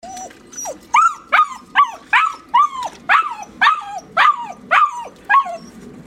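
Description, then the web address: Giant Schnauzer barking, a steady run of sharp barks with bending pitch. Recorded on 18 June 2013. "Riesenschnauzer 2013 20130618"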